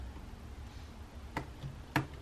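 The plastic scissor hinge of a small key on an HP Pavilion laptop keyboard is centred and pressed at its corners after a slip, snapping back onto the keyboard base. Two small sharp snaps are heard at 1.4 s and 2.0 s over a quiet background. The hinge is seated in place.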